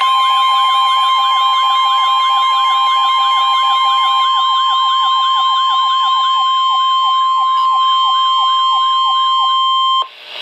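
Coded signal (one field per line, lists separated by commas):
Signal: Emergency Alert System (SAME) tones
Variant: 1050 Hz attention tone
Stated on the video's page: Flash Flood Warning and Severe Thunderstorm Warning received from NOAA Weather Radio station serving Milwaukee, Wisconsin.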